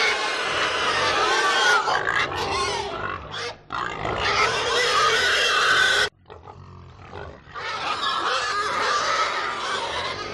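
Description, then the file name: Domestic pigs screaming and grunting together, loud shrill squeals overlapping in a dense chorus with two drops in volume. Herd of many pigs grunting and screaming. "smartsound ANIMAL PIG Herd Grunt Scream Many"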